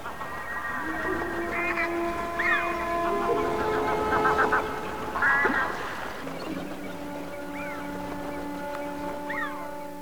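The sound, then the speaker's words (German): Several geese honk over a steady hum, their nasal calls overlapping in loose, irregular bursts with some rising squawks, moderately loud throughout. “Gänse.”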